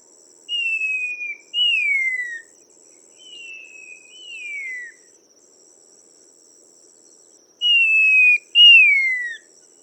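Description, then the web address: Chinese babax calls: clear whistled notes sliding downward, given in pairs with gaps between, over a thin high tone. "Babax-lanceolatus صدای-پرنده-باباکس-چینی"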